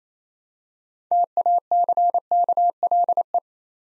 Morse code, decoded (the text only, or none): TACKLE